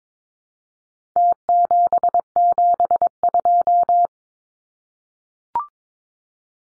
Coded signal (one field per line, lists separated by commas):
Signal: Morse code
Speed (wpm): 22 wpm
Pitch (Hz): 700 Hz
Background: none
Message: T772